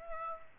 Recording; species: mosquito wingbeat signal from an infrared sensor; Aedes aegypti